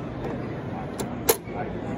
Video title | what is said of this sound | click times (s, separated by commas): Minn Kota Terrova, Operating Instructions and Features Plus Trolling Motor Buying Tips | it jumps up and you see that the lever there is now locked into place | 1.0 s, 1.3 s